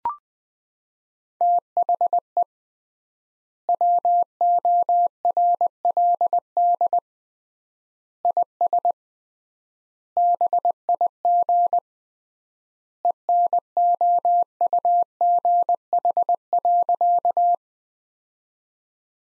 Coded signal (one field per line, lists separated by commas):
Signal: Morse code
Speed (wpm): 20 wpm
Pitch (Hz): 700 Hz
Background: none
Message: THE WORLD IS BIG ENOUGH.